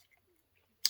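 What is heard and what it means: A Bowflex SelectTech 560 adjustable dumbbell handle component is turned until its notches line up with the next component. Faint low shuffling sounds lead up to one sharp, bright click at 0.9 s, when it drops and seats fully on the next component.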